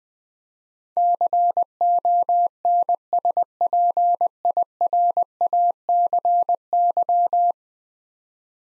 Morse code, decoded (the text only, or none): CONSPIRACY